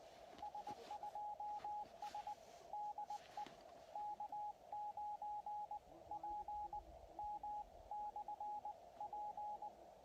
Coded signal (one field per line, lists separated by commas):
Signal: Morse code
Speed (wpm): 19 wpm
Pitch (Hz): 840 Hz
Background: radio noise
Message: S2S DE K9PM/P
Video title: #HamRadio Live! Show 271. Summits On The Air (SOTA). What They Are And How To Do One Of Your Own!￼